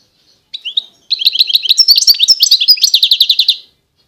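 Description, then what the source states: European goldfinch song: two short notes, then a continuous rapid twitter of bright, metallic notes ending in an evenly repeated series. Wild bird, singing.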